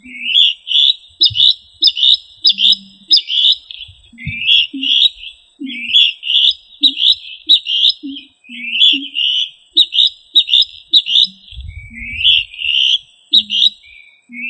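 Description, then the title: Rail calls: a steady run of many short, high, chirpy notes, with a brief rustle near the end. "LuckyFamilia RallidaeFrangoSama"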